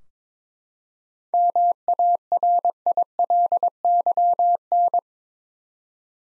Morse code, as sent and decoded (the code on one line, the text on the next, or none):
-- .- .-. .. .-.. -.-- -.
MARILYN